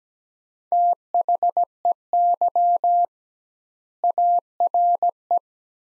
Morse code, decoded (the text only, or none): THEY ARE